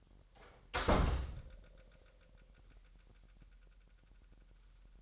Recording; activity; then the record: daily activity, microphone in the room; close door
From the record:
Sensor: 3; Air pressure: 998.4 hPa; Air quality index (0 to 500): 139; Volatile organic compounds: 4 ppm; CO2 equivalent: 1664 ppm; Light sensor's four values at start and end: 16/47/19/18 and 16/47/19/18